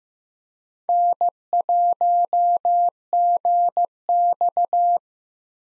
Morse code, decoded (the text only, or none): N1GX